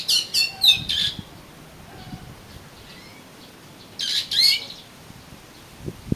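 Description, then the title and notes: Oriental magpie-robin giving two bursts of rich, rapid, slightly harsh notes, one at the start and another after a pause of a few seconds. "suara kacer. kumpulan suara burung kacer"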